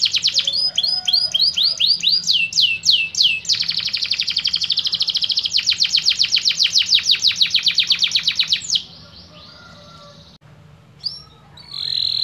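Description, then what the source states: Canary song of swooping slurred notes and fast rattling trills for about nine seconds, then a brief pause before a short final burst. Master song recording of a canary that was a national champion in a singing contest.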